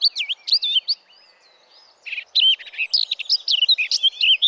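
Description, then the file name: Eurasian blackcap singing a fast, varied warble of fluty and scratchy notes, broken by a short pause, then resuming in a dense, loud phrase. "Sylvia atricapilla"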